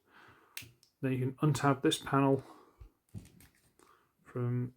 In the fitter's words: Basically, it just goes under the knee pad. Locks into place.